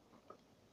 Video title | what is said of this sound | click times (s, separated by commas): Im drawing for YOU BRO, I dont drink and smoke, im alone real life in Russia | Вот, слышал, щелкнул? | 0.3 s